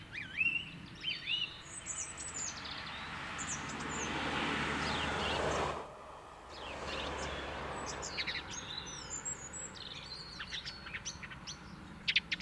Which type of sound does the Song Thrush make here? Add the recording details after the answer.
song. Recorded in the wild. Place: Kaiserslautern, Rheinland-Pfalz, DE. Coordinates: 49.3939, 7.73056. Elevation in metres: 313. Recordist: Tretzel, Erwin